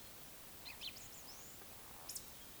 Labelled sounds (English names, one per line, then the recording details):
Eurasian Woodcock whistle
Eurasian Woodcock croak
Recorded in Baden-Württemberg, Germany, on 20 May 2021 at 19:34 UTC
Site 24606, 635 m above sea level